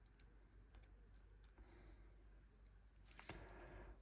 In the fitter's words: That did not click.